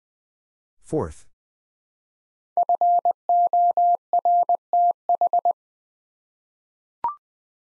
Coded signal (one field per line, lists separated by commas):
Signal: Morse code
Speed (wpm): 20 wpm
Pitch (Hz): 700 Hz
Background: none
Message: FORTH